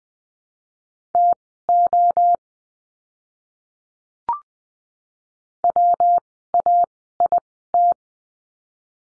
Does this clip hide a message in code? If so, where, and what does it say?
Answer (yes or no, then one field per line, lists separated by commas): yes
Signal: Morse code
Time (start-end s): 1.1-7.9 s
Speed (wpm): 20 wpm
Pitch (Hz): 700 Hz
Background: none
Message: TO WAIT